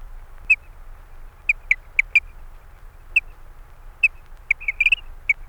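Eurasian dotterel calls: short, soft peeping notes given singly and in quick clusters, irregularly spaced, over a low steady hum.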